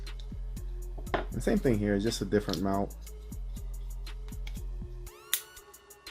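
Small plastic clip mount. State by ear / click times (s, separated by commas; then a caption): seated / 5.3 s. A plastic quick-release mount is pushed into a DJI Osmo Action camera's mounting frame while someone talks over background music. A sharp click at 5.3 s shows the mount has clicked in and is secured.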